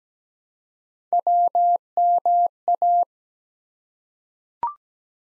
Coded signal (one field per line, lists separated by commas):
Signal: Morse code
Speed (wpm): 17 wpm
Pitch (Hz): 700 Hz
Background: none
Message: WMA